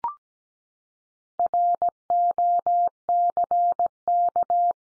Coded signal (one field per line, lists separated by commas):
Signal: Morse code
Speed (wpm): 17 wpm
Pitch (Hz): 700 Hz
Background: none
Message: ROCK